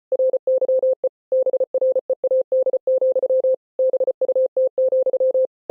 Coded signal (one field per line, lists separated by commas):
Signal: Morse code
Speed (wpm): 33 wpm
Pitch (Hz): 520 Hz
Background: none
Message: RYE BREAD, BUT,